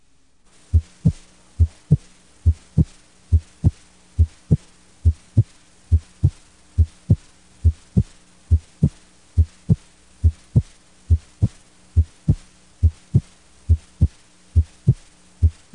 Persistent S2 split in pulmonary hypertension. Chronic pulmonary hypertension narrows the A2-P2 split, but the split is still easily heard because of the increased intensity of P2. A narrowed A2-P2 split sounds like this.